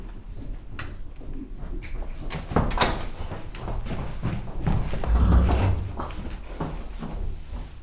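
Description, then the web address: Horse shifting about, with several dull thuds and knocks, a louder stretch of shuffling later on, and brief creaks. Horse tied up in a farmyard stable, moving and rustling while its mate peeks in. "allathangok parasztudvar lo istallobabekotottloneszezese aparjabekukkanthozza"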